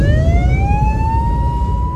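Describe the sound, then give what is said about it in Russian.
An ambulance siren wails in one long, slowly rising tone with bright harmonics, loud and steady over a constant low rumble of traffic, with no voices. “Там стояла припаркованная скорая.”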